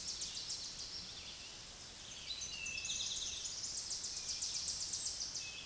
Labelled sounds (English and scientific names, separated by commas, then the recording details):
Eastern Towhee (Pipilo erythrophthalmus) song
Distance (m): 35 m
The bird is about 5 m above the microphone
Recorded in a Pennsylvania forest on 16 May 2024 at 06:00
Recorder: AudioMoth, point MSD-2083
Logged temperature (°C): 16.7 °C
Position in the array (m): 110 m, 5 m